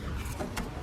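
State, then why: Seated. On a 2012-2019 Ford Focus during a top motor mount replacement, after the coolant reservoir is refitted, a plastic clip that holds a small line is knocked back into its mount on the engine bracket. A steady low background rumble runs throughout, and a single sharp hit at 0.6 s marks the clip seating in place.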